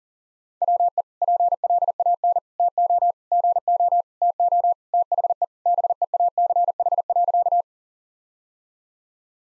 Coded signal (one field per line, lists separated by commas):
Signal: Morse code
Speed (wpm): 37 wpm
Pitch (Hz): 700 Hz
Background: none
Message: WE PLAN TO GO TO THE BEACH.